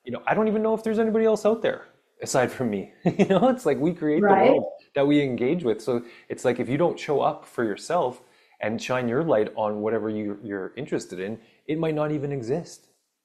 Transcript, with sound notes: you know, I don't even know if there's anybody else out there aside from me. (laughs) You know?
It's like we create the world-
Right.
... that we engage with. So it's like, if you don't show up for yourself and shine your light on whatever you, you're interested in, it might not even exist.